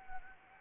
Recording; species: mosquito wingbeat signal from an infrared sensor; Anopheles arabiensis